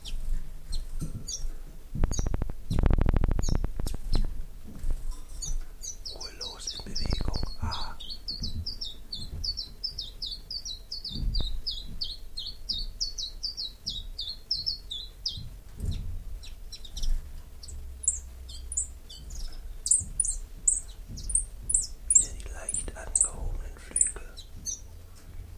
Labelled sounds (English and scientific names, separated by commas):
Common Chiffchaff (Phylloscopus collybita)